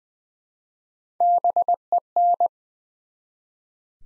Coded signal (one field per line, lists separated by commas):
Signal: Morse code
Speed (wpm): 20 wpm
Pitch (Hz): 700 Hz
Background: none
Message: BEN